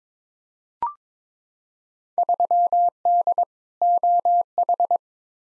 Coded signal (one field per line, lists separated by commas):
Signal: Morse code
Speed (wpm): 22 wpm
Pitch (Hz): 700 Hz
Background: none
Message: 3D OH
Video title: Field Day Exchange v2 - 22wpm